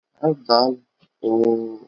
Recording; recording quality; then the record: sustained vowel as in boot; poor, much background noise or distortion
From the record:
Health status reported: recovered from COVID-19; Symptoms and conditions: cold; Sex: female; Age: 25 years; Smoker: not ticked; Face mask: worn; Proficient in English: yes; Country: India